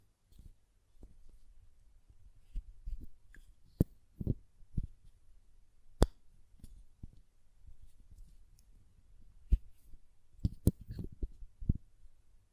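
A glass perfume bottle is tapped and handled, with its lid clicking and knocking in irregular bursts. Sharp, bright ticks stand out near 4, 6, 9.5 and 10.5 seconds among softer dull thumps and low rumbles. Short quiet gaps separate the clusters of sounds.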